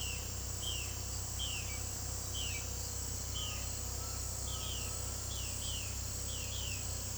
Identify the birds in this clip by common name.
Violaceous Jay